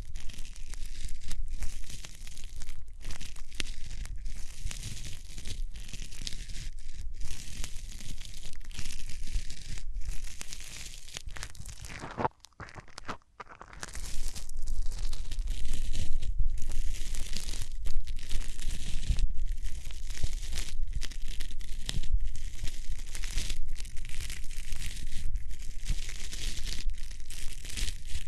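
Hands rub over the ears in a dense, continuous rustling and crinkling, with a bright hiss on top and a low soft rumble beneath. Near the middle, around twelve seconds, the rubbing briefly stops and goes quiet, then resumes slightly louder until the end.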